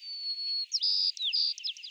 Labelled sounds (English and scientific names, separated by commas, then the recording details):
White-crowned Sparrow (Zonotrichia leucophrys) song
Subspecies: nuttalli
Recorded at San Simeon, California, in 2014
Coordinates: 35.663, -121.264
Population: south
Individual SANS_maleD